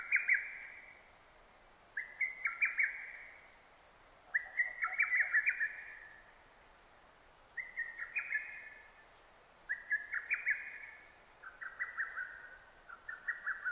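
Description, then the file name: Lesser cuckoo giving staccato whistled phrases of several rapid notes, repeated several times with short pauses. Recorded 6 June 2009. "hototogisu-20090606"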